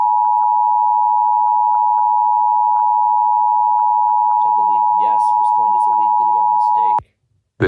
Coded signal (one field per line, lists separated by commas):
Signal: Emergency Alert System (SAME) tones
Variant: 853 and 960 Hz attention tone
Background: speech